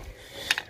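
After the charge is stopped, a stiff EV charging plug is pulled out of a motorcycle's charge socket, a tough connection that needs both hands to put back. Two sharp mechanical hits sound at 0.5 s and 0.6 s, above a faint low rumble. The connector pops out and is released.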